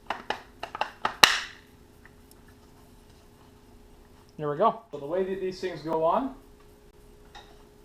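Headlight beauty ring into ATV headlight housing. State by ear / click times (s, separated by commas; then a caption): seated / 1.2 s. A plastic headlight beauty ring is pressed around the headlight on the front housing of a 2007 Yamaha Wolverine 350 ATV, giving a run of sharp clicks that ends in a loud snap at 1.2 s as the ring seats in place. Someone then talks.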